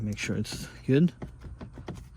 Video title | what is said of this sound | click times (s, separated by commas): Installing New amg steering wheel on 09 w204 c300 | and that snapped on again | 1.6 s, 1.9 s